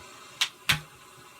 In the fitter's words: you'll hear that click